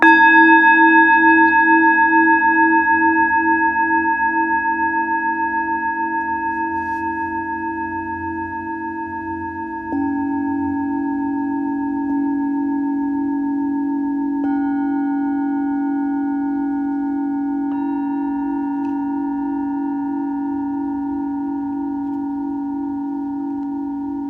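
A singing bowl rings with a long, steady hum and bright overtones, slowly fading over the first ten seconds. Around ten seconds a lower bowl is struck and sustains evenly, with fresh soft strikes near fifteen and eighteen seconds adding higher tones above the drone.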